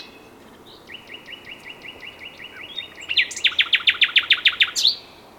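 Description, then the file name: Common nightingale phrase: a string of soft repeated notes growing louder, breaking into a rapid, powerful series of sharp notes. "Luscinia megarhynchos"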